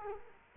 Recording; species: mosquito wingbeat signal from an infrared sensor; Culex quinquefasciatus